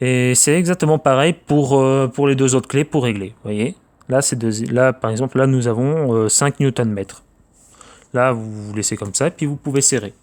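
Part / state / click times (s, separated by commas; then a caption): click-type torque wrench tightening a fastener / torque reached / 7.8 s. A click-type torque wrench set to 5 N·m tightens a fastener while someone talks. A small, sharp click is heard at 7.8 s when the set value is reached, signalling that tightening is finished.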